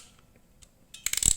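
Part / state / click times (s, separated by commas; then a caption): ratchet crimping plier jaws closing on a spring terminal / released / 1.1 s, 1.2 s, 1.3 s. A ratchet crimping plier is squeezed with full force on a metal spring terminal and cable for automotive wiring. After quiet at the start, the ratchet clicks sharply at 1.1, 1.2 and 1.3 seconds and then the jaws release. The crimp is finished and comes out strong and neat.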